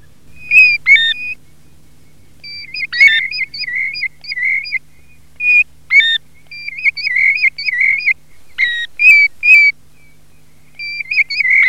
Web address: PIVIERE DORATO